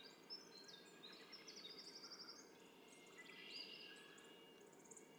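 Red-winged blackbird song, a buzzy rattling trill lasting about a second, among scattered high chirps and a constant low hiss.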